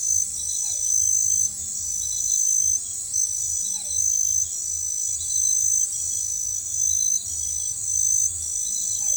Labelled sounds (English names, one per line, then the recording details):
none
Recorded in forest near Pivijay, Magdalena, Colombia, on 16 April 2023 at 01:30
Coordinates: 10.467, -74.380
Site Z5-G034